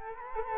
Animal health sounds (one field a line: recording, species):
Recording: mosquito wingbeat signal from an infrared sensor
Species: Culex quinquefasciatus